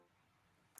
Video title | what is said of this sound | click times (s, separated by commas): 🛒 Review of Top Picks Bluetooth Headset and Speakerphones Don't Buy Until You Hear This | Here's the ear cushion. This thing just pops right out. | 0.8 s